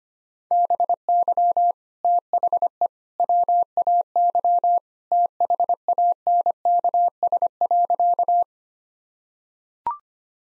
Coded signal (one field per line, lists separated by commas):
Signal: Morse code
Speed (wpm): 25 wpm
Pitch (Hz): 700 Hz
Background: none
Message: BY THE WAY THANKS.